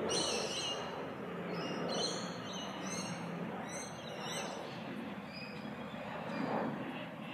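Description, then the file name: Bird chirps, a quick series of very high, clipped notes in the first four seconds, then quieter, over broad background noise. "Tweets"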